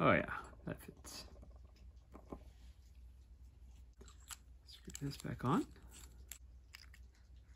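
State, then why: Not seated. Someone talks while handling the cap of a small metal Monteverde Poquito Inkball pocket ballpoint pen filled with fountain pen ink, bringing it back toward the pen body with faint light taps and rustles. The cap has not seated or clicked on yet.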